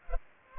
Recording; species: mosquito wingbeat signal from an infrared sensor; Culex pipiens